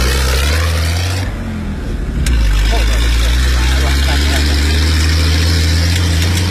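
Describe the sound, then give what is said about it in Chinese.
A desert dune buggy with a rear-mounted engine roars and revs as it sets off on a desert-surfing run, its low rumble climbing as the vehicle accelerates, with a brief dip before the throttle opens up again; faint voices sit under the engine noise. “我刚才真的是，我拿着手机在录音，然后他开始冲的时候就说等一下等一下，然后就开始冲了，我的手机一直没放到包里。”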